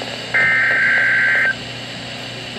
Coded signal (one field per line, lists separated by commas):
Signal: Emergency Alert System (SAME) tones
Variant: header bursts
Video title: EAS Alert #11